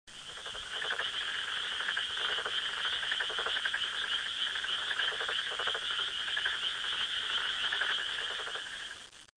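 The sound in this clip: Frog calling in a fast, steady pulsed trill, the rasping notes running on almost without pause throughout and fading at the very end.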